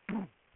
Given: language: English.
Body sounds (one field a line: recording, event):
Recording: throat vibration sensor signal played as sound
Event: throat clearing